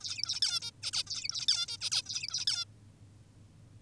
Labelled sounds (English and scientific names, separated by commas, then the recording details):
Zebra Finch (Taeniopygia guttata)
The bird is an adult
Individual g19o10U